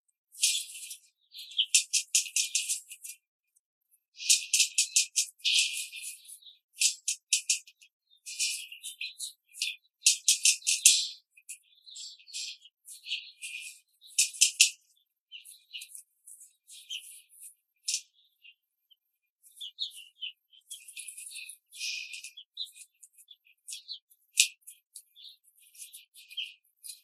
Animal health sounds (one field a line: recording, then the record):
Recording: young laying hens in a cage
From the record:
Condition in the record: control cage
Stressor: none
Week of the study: 5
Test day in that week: 1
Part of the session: 2